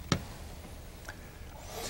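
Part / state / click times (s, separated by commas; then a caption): patient lift battery pack into battery charger / seated / 0.1 s. A drained patient lift battery pack is slid down onto its wall charger and pushed away until it seats, giving a sharp click at 0.1 s. A fainter tick follows at about 1.1 s, then quiet room noise.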